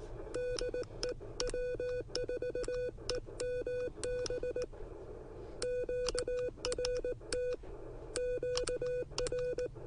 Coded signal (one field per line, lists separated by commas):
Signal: Morse code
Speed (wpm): 19 wpm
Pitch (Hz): 500 Hz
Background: none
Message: DE W4EMB QRT QR